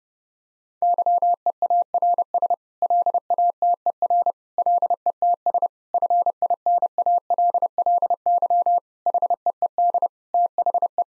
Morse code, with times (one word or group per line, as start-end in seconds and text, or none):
0.8-2.5 YEARS
2.8-4.3 LATER
4.6-5.7 LETS
5.9-8.8 FINALLY
9.1-10.1 HEED
10.3-11.0 THE